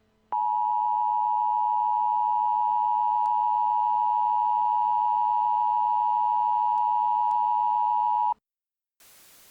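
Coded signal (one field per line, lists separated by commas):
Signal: Emergency Alert System (SAME) tones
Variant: 853 and 960 Hz attention tone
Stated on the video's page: Fictional EAS scenario about a dust storm in Arizona.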